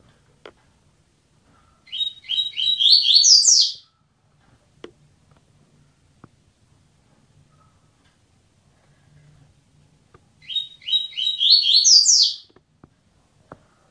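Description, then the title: Double-collared seedeater song: two bright, rapid phrases of chirpy, slurred notes, each about two seconds long, separated by a long pause with faint clicks and taps. "Canto Coleiro"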